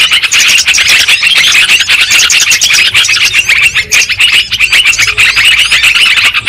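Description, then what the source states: Lovebirds chattering nonstop, a dense mass of shrill squeaky chirps and twitters overlapping without pause, like a busy flock calling together. Lure sound used for trapping lovebirds.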